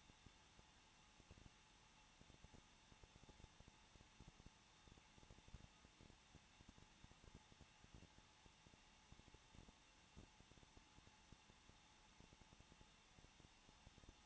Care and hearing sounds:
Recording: daily activity, microphone in the room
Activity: no activity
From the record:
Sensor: 1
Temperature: 20.1 degrees Celsius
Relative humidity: 39.4%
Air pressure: 1006.3 hPa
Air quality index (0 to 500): 219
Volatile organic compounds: 82 ppm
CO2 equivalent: 3621 ppm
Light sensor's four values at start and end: 1/2/1/1 and 1/2/1/1

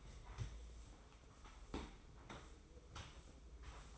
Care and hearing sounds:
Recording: daily activity, microphone in the room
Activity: sweep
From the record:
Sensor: 1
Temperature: 24.1 degrees Celsius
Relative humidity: 31.5%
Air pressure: 995.9 hPa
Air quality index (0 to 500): 67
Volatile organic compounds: 3 ppm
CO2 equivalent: 1360 ppm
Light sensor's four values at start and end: 25/83/31/34 and 32/110/43/45

